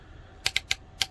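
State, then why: Seated. The back section of a large, clear plastic NECA Toys Turtles in Time Baxter Stockman display stand is moved along its adjustable ratcheted "train track" neck. Four sharp plastic detent clicks are heard at 0.5, 0.6, 0.7 and 1.0 seconds over a low steady hum. The neck ratchets and locks securely into position.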